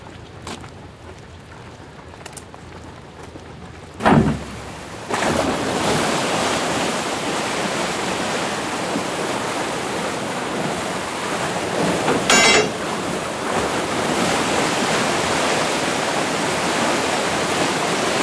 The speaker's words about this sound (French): Maintenant, on va ouvrir les vannes à l'aval pour vider l'écluse.